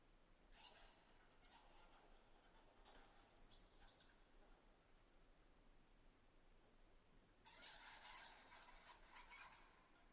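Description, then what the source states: Bats squeaking and chattering in scattered bursts of high, scratchy notes, with a louder jumble of squeaks late over a steady hiss. Bats recorded in a cave.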